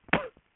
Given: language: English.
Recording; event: throat vibration sensor signal played as sound; cough